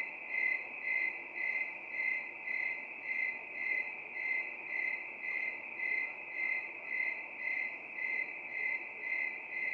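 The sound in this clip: Cricket trilling, high and metallic, pulsing evenly about twice per second over soft background noise.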